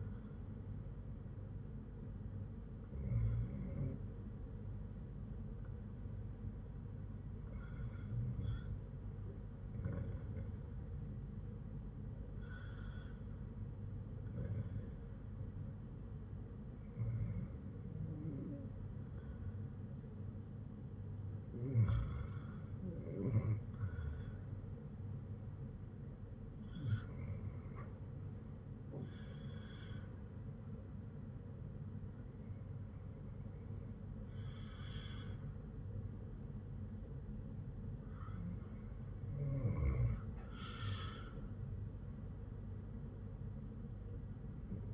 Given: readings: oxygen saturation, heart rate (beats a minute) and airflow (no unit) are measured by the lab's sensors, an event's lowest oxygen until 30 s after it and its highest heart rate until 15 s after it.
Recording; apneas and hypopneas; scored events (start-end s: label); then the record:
breathing in sleep by a smartphone at the bedside; 1
3.00-20.80 s: hypopnea (REM, oxygen 95% highest, then 92% lowest, heart rate 62 at the start, 71 highest)
From the record:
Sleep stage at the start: REM sleep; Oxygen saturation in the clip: 92 to 95%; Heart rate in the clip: 60 to 71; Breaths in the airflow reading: 9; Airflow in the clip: -6.7 to 7.5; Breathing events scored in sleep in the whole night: 182 in 7.4 hours asleep